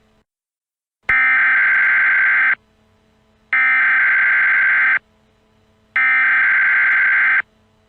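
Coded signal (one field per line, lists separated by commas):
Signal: Emergency Alert System (SAME) tones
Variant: header bursts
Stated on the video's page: Fictional EAS scenario with tones made using an EAS Generator program and Audacity.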